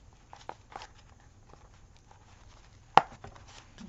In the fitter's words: did you hear that snap in?